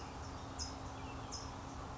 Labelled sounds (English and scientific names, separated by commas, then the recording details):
California Towhee (Melozone crissalis)
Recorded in Sonoma County, California